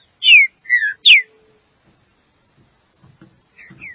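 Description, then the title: Green-winged saltator song: three loud, clear whistled notes sliding downward in quick succession, then near silence with a few faint soft sounds. "Trinca Ferro"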